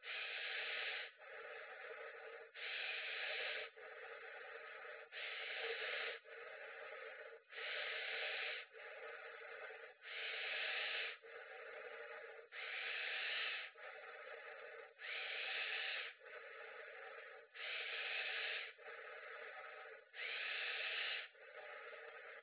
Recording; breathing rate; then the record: paced breathing near a phone; 24 breaths a minute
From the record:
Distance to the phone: 20 cm